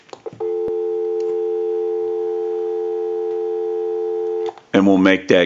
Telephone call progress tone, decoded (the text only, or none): dial tone